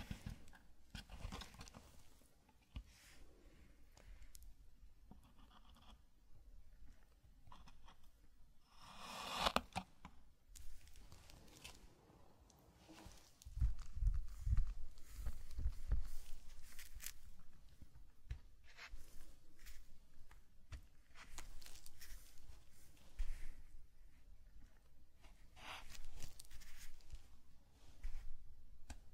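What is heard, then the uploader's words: Zen garden sounds of sand being brushed and tapped, with soft crinkling and scattered sharp ticks throughout. A brighter scraping sweep rises around 9 seconds, and dull low thumps and taps cluster between 13 and 16 seconds before quieter brushing resumes. Zen Garden - Sand Crinkle Brushing Tapping Cup Sounds.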